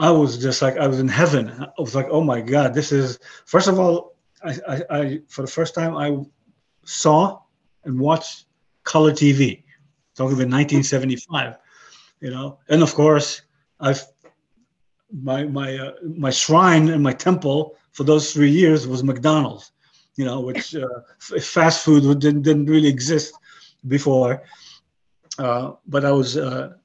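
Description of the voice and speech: Halting, accented speech from a 62-year-old man with mild aphasia after a stroke about 11 years earlier. He repeats words, restarts phrases and leaves long pauses. He has lost most of the languages he once spoke, his English is broken and he finds word construction difficult.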